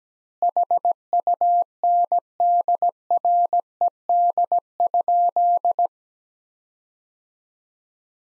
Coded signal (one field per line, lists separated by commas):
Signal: Morse code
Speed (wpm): 17 wpm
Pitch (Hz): 700 Hz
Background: none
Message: HUNDRED?